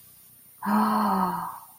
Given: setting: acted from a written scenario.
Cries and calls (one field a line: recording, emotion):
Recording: vocal sound without words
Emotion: awe